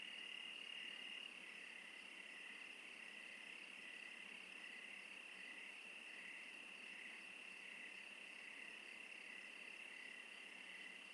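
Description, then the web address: Crickets chirping together; a high steady trill is loudest in the first second or so, then softens, while a lower pulsing chirp continues throughout. "sonniss-gdc-audio crickets- -crickets-interlude"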